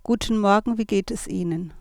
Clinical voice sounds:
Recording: spoken sentence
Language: German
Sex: female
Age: 50 to 59 years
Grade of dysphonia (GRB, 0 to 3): 1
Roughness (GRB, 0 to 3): 1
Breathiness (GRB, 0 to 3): 1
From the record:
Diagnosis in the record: functional dysphonia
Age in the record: 56 years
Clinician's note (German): Multifaktoriell

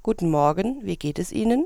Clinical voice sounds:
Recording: spoken sentence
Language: German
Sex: female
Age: 20 to 29 years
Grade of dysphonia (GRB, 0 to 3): 0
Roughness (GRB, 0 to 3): 0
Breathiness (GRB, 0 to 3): 0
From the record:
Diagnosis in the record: healthy voice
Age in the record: 23 years

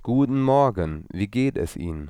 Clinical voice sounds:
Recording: spoken sentence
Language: German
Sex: male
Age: 30 to 39 years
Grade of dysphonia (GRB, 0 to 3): 1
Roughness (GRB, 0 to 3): 1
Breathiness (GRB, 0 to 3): 1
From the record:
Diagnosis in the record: dysodia (singing voice disorder), lisp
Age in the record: 30 years

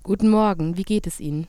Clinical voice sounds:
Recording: spoken sentence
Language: German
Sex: female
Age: 18 to 19 years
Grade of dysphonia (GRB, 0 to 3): 0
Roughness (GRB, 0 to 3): 0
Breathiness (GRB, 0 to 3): 0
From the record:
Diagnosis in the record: healthy voice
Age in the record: 19 years

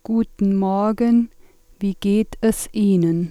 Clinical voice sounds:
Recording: spoken sentence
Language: German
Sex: female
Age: 40 to 49 years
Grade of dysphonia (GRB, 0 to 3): 2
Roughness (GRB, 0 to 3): 2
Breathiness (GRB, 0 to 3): 0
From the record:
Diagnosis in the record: superior laryngeal nerve lesion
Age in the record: 44 years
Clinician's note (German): Verdacht auf Diagnose

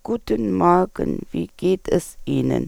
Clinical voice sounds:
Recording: spoken sentence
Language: German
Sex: female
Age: 50 to 59 years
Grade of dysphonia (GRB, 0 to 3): 1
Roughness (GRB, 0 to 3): 0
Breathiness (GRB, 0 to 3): 1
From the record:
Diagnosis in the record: recurrent laryngeal nerve paralysis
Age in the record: 50 years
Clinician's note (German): Rechts, hyperfunktionelle Kompensation

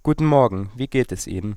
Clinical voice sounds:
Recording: spoken sentence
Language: German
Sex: male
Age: 20 to 29 years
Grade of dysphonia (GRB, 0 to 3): 0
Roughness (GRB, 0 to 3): 0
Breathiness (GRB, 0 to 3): 0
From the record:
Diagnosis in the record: healthy voice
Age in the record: 24 years

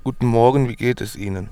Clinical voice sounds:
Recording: spoken sentence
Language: German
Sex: male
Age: 30 to 39 years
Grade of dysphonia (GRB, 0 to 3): 0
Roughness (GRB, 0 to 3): 0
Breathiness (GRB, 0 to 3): 0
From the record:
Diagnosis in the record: healthy voice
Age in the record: 31 years

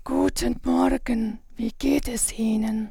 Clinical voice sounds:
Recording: spoken sentence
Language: German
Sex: female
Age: 50 to 59 years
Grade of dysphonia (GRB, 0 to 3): 3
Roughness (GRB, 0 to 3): 3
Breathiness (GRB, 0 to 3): 2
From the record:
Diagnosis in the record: recurrent laryngeal nerve paralysis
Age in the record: 55 years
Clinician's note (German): Rechts in Intermediärstellung, keine Kompensation, breite glottische Insuffizienz; R1 B2 H1

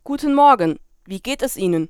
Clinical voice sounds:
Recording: spoken sentence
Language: German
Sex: female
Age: 20 to 29 years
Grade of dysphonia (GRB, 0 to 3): 0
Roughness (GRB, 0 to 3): 0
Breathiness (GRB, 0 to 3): 0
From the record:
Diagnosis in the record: healthy voice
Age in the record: 20 years

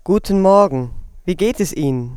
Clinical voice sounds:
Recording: spoken sentence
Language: German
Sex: female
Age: 20 to 29 years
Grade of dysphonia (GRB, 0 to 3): 2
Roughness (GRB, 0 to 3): 2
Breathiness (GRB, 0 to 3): 2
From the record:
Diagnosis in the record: hyperfunctional dysphonia, dysodia (singing voice disorder)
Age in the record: 29 years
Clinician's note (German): Sehr schnelles Sprechtempo, enge Artikulation

